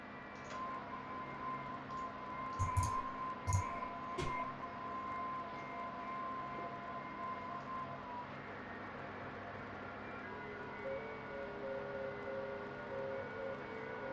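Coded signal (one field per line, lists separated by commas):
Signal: FT8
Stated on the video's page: FT8 worked in the background during a livestream, chasing last states.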